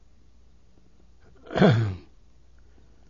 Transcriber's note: he clears his throat